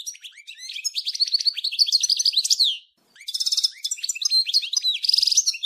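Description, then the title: European goldfinch song: rapid tinkling twitters and liquid trills, high-pitched, a long run broken by a short pause near three seconds. "Chant Chardonneret"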